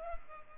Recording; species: mosquito wingbeat signal from an infrared sensor; Culex pipiens